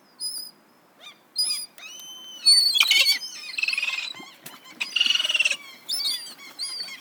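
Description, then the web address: Gulls giving separate mewing calls and several harsh, rasping squawk bursts. "best service Blue Box birds seagulls"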